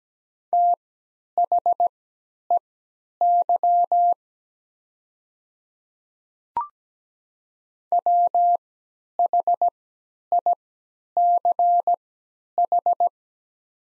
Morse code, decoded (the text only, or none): THEY WHICH